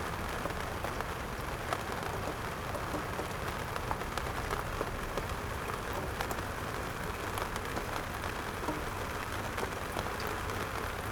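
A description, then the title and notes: Rain falls on a rooftop in a dense, steady patter that holds at an even level throughout. Individual drops tick brightly on top of a full hiss, with a low rumbling undertone beneath, and brief sharper taps around two, six and ten seconds. Rain on the Rooftop.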